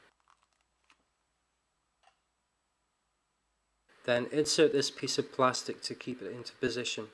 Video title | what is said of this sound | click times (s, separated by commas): Macbook Pro Optical Drive Removal / Upgrade to dual SSD + HDD Hard Drive | and then push it forward until it clicks | 0.3 s